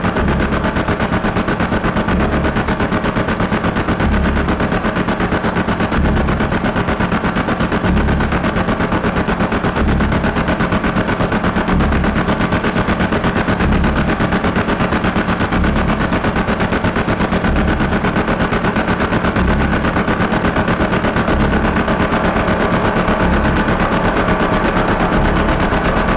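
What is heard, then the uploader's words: Radio noise from a longwave receiver, reshaped through effects pedals into a dense, unbroken wall of static and buzz. A low rattling pulse repeats roughly every second beneath steady droning tones and a bright hiss, staying at one level throughout. Long Waves Scan is a performance that uses a radio receiver as the only sound source. The LW frequencies are scanned in real time and sculpted using effects pedals to create an improvisation of radio material depending on the place where it is played.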